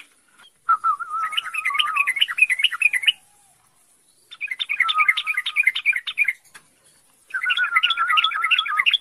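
Bird singing three long bursts of rapid, varied twittering notes over a lower warbled line, separated by short pauses, the last cut off.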